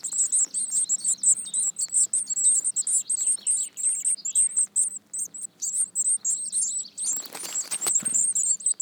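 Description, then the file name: Eurasian Blue Tit calls, very high thin twittering notes tumbling rapidly one after another, with a short scuffling noise toward the end. "Cyanistes caeruleus"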